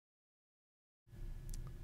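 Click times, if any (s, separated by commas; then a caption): 1.5 s. A microcontroller chip, its pins gently bent in and its notch lined up, is worked into a DIP socket on a small circuit board in sped-up footage. After about a second of silence, low handling noise begins, and faint sharp clicks at 1.5 s and 1.5 s mark the chip snapping into place, seated.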